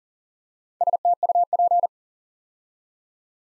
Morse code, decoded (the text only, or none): STUP